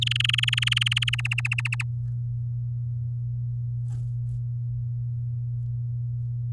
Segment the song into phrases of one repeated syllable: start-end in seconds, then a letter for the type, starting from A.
0.01-1.15 A, 1.18-1.83 B